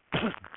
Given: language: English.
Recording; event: throat vibration sensor signal played as sound; cough